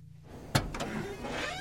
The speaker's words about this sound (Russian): Джек задумчиво выключает радио в машине.